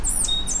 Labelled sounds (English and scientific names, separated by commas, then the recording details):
Stitchbird (Notiomystis cincta) song
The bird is a male
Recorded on Tiritiri Matangi Island, New Zealand, in 2005
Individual 2, of nest box 2